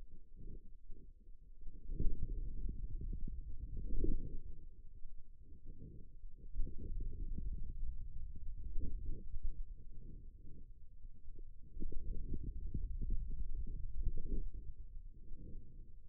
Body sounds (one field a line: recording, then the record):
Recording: forearm muscle sounds (acoustic myography)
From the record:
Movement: hand opening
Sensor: system 2, bracelet of six BSWA MPA416 microphones around the upper forearm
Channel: 4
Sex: male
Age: 22 years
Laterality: right